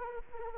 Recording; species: mosquito wingbeat signal from an infrared sensor; Anopheles arabiensis